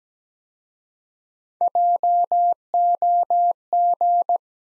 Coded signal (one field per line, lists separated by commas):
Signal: Morse code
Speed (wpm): 17 wpm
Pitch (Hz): 700 Hz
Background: none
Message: JOG